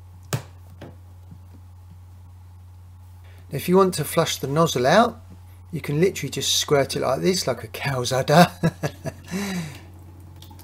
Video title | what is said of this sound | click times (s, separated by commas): Kenwood American Style Fridge Freezer How to remove the Water Tank for Cleaning and refit Water Tank | , poussez-le doucement vers le bas. le chemin autour de sorte qu'il se clipse juste en place | 0.3 s